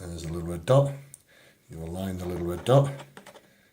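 Someone talks while lining up a foot plate with its little red dot to fit it into an Enraf Nonius 811 shockwave therapy unit, with a faint short tap near 3.3 s. The foot plate is only being handled, and nothing has seated or clicked yet.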